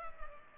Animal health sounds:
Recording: mosquito wingbeat signal from an infrared sensor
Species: Culex pipiens

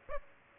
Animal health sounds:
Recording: mosquito wingbeat signal from an infrared sensor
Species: Aedes aegypti

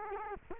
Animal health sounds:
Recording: mosquito wingbeat signal from an infrared sensor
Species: Culex quinquefasciatus

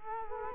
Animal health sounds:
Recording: mosquito wingbeat signal from an infrared sensor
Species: Culex quinquefasciatus

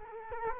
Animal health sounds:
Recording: mosquito wingbeat signal from an infrared sensor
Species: Culex quinquefasciatus

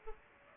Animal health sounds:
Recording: mosquito wingbeat signal from an infrared sensor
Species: Aedes aegypti

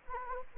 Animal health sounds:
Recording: mosquito wingbeat signal from an infrared sensor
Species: Anopheles gambiae

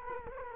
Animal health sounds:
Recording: mosquito wingbeat signal from an infrared sensor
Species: Culex quinquefasciatus

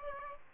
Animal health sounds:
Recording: mosquito wingbeat signal from an infrared sensor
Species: Aedes aegypti

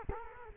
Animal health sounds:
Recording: mosquito wingbeat signal from an infrared sensor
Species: Culex quinquefasciatus

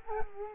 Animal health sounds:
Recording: mosquito wingbeat signal from an infrared sensor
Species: Culex quinquefasciatus

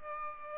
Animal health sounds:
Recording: mosquito wingbeat signal from an infrared sensor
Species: Aedes aegypti

